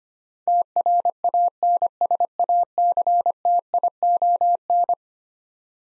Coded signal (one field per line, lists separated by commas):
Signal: Morse code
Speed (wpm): 25 wpm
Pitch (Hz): 700 Hz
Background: none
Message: TRANSACTION